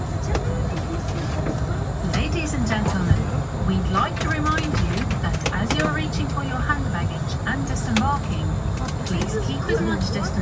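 Aboard a flight, a steady low engine roar fills the whole clip. Voices talk over it throughout, rising and falling in pitch like conversation or an announcement. Short clicks and knocks, like service items being handled, come every second or so.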